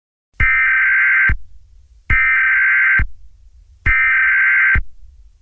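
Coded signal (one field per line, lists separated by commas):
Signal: Emergency Alert System (SAME) tones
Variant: header bursts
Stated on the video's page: Fictional EAS scenario for extreme heat, simulated rather than a real alert.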